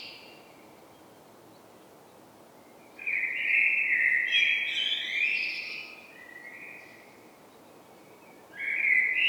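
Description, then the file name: Common blackbird song: a rich warbled phrase with high squeaky trills overlaid, followed by the start of another whistled phrase. "Turdus merula"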